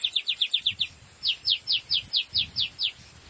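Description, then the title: Bird sings a series of rapid, evenly spaced high notes, a quick run followed after a short pause by a slower run of about eight sliding notes, over faint background hiss. "LuckyPassaro Completos2Sama"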